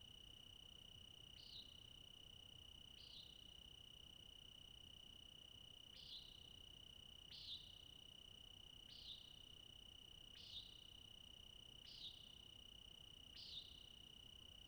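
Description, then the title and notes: Cricket song, a continuous high steady ringing tone, with repeated short sharp calls from a bird. Crickets singing all night into morning twilight, Okanogan National Forest. "Okanagon National Forest, All-night Cricket Ending. Crickets sing throughout"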